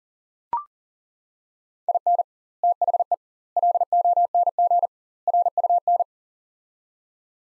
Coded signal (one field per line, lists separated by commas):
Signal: Morse code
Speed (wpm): 37 wpm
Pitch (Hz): 700 Hz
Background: none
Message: IN THE LONG RUN